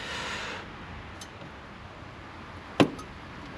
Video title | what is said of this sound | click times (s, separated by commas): 280HP VW Golf MK1 TDI // REVIEW goes WRONG on AUTOBAHN! | pops right in there | 2.8 s